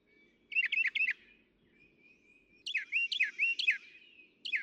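Northern mockingbird song with short groups of three repeated sharp notes, separated by a thin whistled tone, over a faint low hum.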